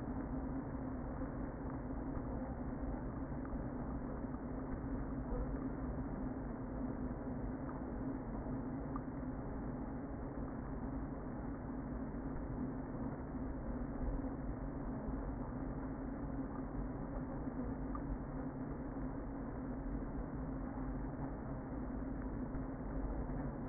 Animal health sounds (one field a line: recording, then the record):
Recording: honeybee colony, microphone inside the hive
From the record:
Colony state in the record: queen present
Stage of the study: before two queens were removed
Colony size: about 60,000 bees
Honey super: yes